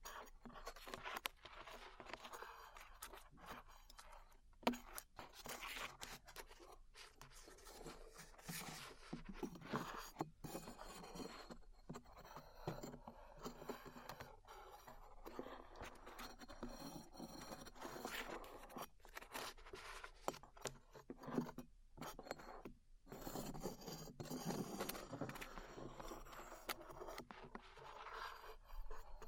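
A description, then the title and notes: Glue being peeled off ears, heard as a dense run of sticky scraping, rubbing and crackling that keeps going without letup. The texture is gritty and fairly bright, broken by brief silent gaps near 5, 10, 22 and 23 seconds, with occasional sharper snaps. ASMR Peeling Glue Off Your Ears (No Talking).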